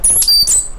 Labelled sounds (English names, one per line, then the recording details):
Stitchbird song
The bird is a male
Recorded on Tiritiri Matangi Island, New Zealand, in 2005
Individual 1, of nest box 1